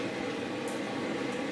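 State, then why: Seated. The first expansion card of a mining rig, a graphics card or riser, is pressed into its slot until it clicks at 0.7 s, a short bright snap over a steady broadband hum. A fainter high tick follows around 1.3 s, and the card is seated.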